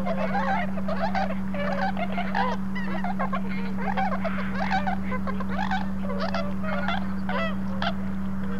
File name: bewicks swan